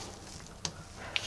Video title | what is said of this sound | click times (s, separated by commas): Project Cheap Jeep EP2 - 2.5L Distributor, Coil, Wires, Plugs | We're going to click it in. | 0.7 s, 1.2 s